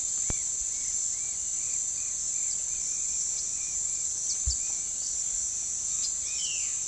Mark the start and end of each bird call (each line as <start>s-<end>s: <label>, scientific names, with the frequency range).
0.00s-6.87s: Orthopsittaca manilatus (1.0-2.7 kHz)
2.25s-4.71s: unidentified bird (3.8-9.1 kHz)
3.16s-3.55s: Ramphocelus carbo (3.4-8.0 kHz)
5.95s-6.15s: Ramphocelus carbo (3.3-7.2 kHz)
6.34s-6.75s: Cyanocorax violaceus (1.8-4.1 kHz)